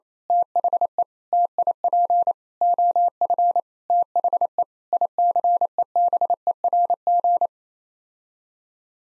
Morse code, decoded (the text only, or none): THE TIP OF THE ICEBERG